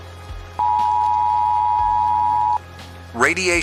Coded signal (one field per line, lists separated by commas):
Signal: Emergency Alert System (SAME) tones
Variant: 853 and 960 Hz attention tone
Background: speech, music